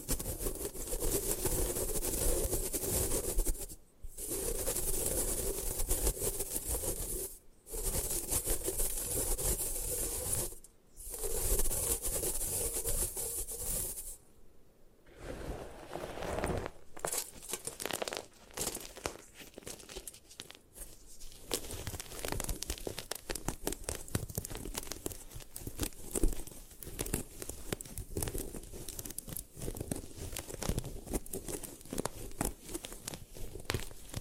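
Gym chalk being crushed and crumbled makes a dense, gritty crunching and hissing that runs almost without pause. The first fifteen seconds come in bursts separated by brief silences near 4, 7, 11 and 14 seconds, then the grinding turns choppier and more uneven.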